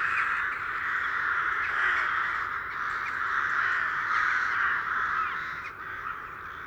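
Rooks calling as a flock, a continuous dense chorus of overlapping harsh caws with no pauses.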